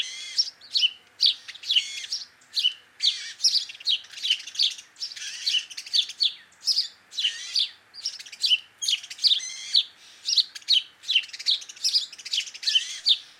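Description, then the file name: House sparrow chattering, dense irregular chirps and cheeps packed closely over the whole stretch, bright, slightly buzzy notes. "Passer domesticus"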